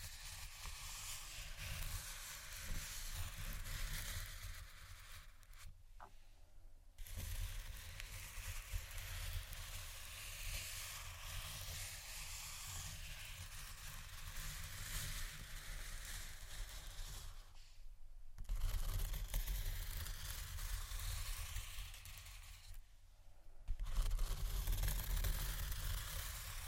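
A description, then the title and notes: Slow, deep, soft scratching rubs along in long, even strokes, a dense rough texture that barely lets up. Low rumbling sits underneath, and brief pauses near 6, 18 and 23 seconds mark where each stroke ends before the next begins slightly louder. Slow, Deep & Soft Scratching (No Talking).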